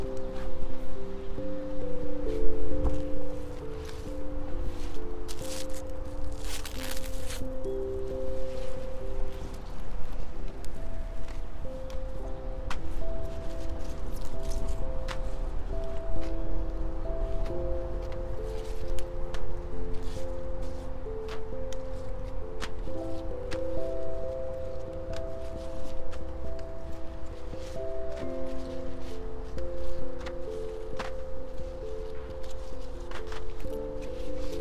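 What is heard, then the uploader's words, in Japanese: Plastic mulch rustles and crackles as holes are poked and seedlings are pushed into the soil, with short sharp scrapes scattered throughout and a longer crinkling burst around six to seven seconds. A soft, steady melody of held mid-low notes plays underneath the whole time. サツマイモのツル苗を植えていきます。あらかじめ張っておいたマルチに棒で穴を開け、一本ずつ苗を置いたのち、土の中に挿していきます。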